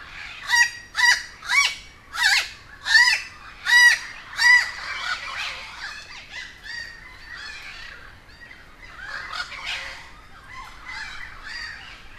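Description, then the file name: Crow caws, loud and nasal, seven in a row at an even pace, then a softer jumble of gabbling calls from several crows. A gathering of many crows recorded at Humboldt Park, Cuba. "Quiet American - aaron ximm-humbold park cuba-convocation of crows"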